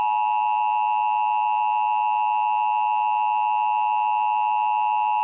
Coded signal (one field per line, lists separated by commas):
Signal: Emergency Alert System (SAME) tones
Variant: 853 and 960 Hz attention tone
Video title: (EAS #21) A Powerful and Severe Thunderstorm